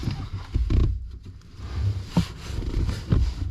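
A urethane rubber pedal stopper bumper is set into its hole on a clutch or brake pedal bracket and lined up before the pedal is pushed up to pop it into place. Low handling rustles and scrapes are heard, with sharp knocks at about 0.7 s, 2.2 s and 3.1 s. The stopper is only positioned, and nothing has seated or clicked yet.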